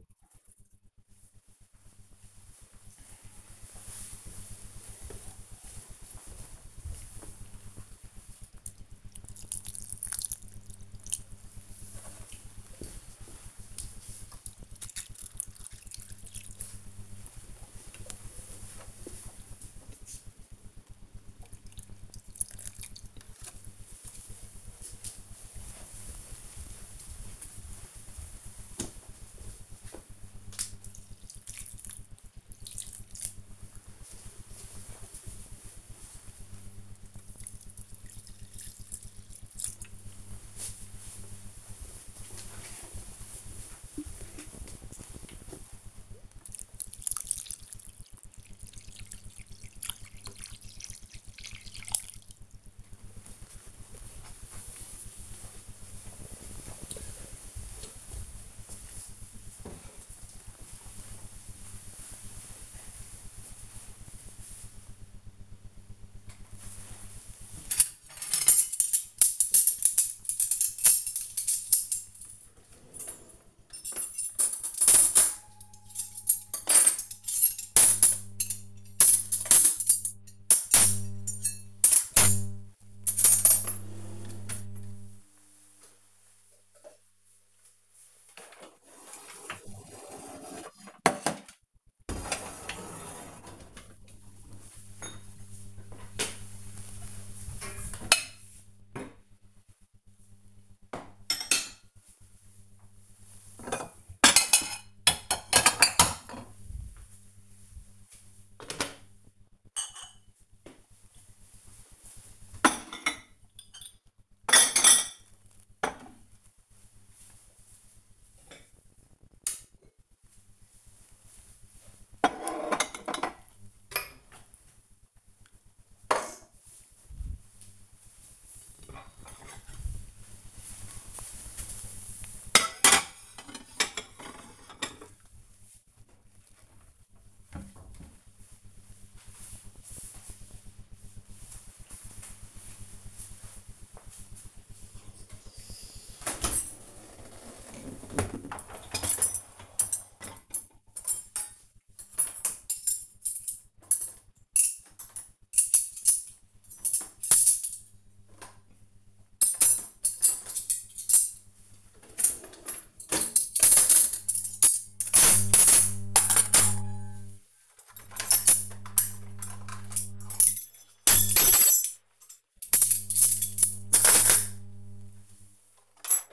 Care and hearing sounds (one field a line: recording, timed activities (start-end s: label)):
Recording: household activities, microphone on the right wrist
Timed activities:
0.00-51.94 s: watering plant
65.98-137.19 s: putting away the dishes
145.23-176.33 s: cleaning out the dishwasher